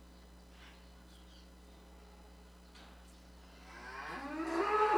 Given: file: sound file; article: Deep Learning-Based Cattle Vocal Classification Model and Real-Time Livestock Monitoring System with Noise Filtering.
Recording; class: cattle; normal call